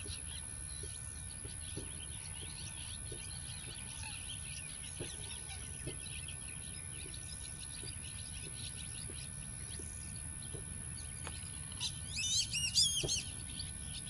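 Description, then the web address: Birds giving scattered high chirps throughout, then a louder burst of rapid calls near the end, all over a low background rumble. Many birds, recorded on 17 September 2005 in the morning. "mitchell Many Birds"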